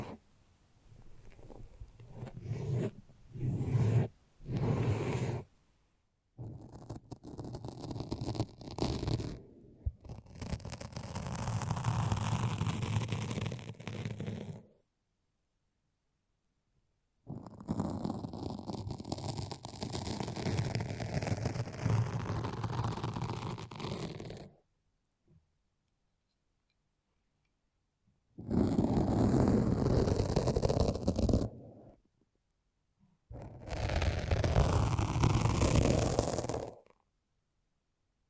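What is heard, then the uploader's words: Squelchy foam rubbing and sticky scrubbing in bursts, dense and crackly, separated by silent pauses around 15, 25 and 32 seconds. ASMR The Foamiest and Stickiest Brain Massage (No Talking).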